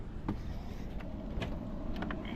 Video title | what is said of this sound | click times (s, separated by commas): Fixing My Supercharged Mercedes Hydraulic Suspension Pt.1 | We hear the click, that should have done it. | 2.1 s